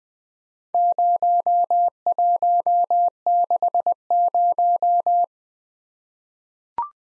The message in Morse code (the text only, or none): 0160